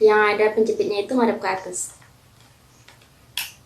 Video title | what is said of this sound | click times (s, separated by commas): CARA PEMBUATAN KABEL STRAIGHT DAN UJI COBA LAN TESTER | sampai bunyi klik juga. | 3.4 s